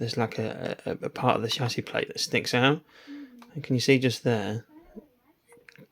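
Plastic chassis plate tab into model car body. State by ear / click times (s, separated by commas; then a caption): seated / 5.7 s. Someone talks while a plastic Tamiya Toyota Supra GR scale-model car body is pushed down onto its chassis plate. A tab on the plate slides into an opening in the body and locks into place with a click at 5.7 s, followed by a couple of fainter ticks.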